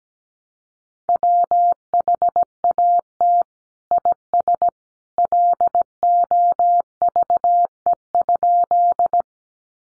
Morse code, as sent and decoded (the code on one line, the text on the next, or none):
.-- .... .- - / .. ... / .-.. --- ...- . ..--..
WHAT IS LOVE?